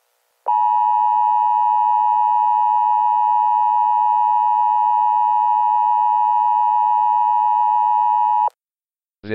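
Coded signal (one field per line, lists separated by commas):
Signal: Emergency Alert System (SAME) tones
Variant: 853 and 960 Hz attention tone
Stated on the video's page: Parody EAS alert for a fictional alien invasion.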